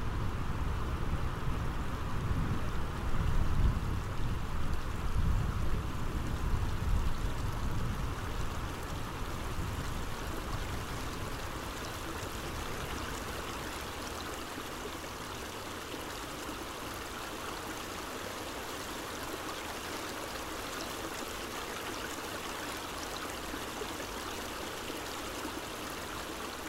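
Sound from beneath the water: a dense, steady wash of rushing, hissing noise with a churning low rumble. The rumble is heavier and more turbulent for the first ten seconds, then eases into an even, slightly quieter flow for the rest.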